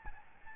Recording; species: mosquito wingbeat signal from an infrared sensor; Aedes albopictus